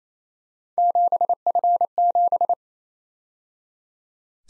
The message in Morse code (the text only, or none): 7F7